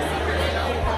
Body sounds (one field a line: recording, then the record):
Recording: background sound without coughing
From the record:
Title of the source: CITY SOUNDS Busy Bar in the Evening Night - 2 HOURS of Ambiance for Relaxation